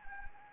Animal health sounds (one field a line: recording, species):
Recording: mosquito wingbeat signal from an infrared sensor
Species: Anopheles gambiae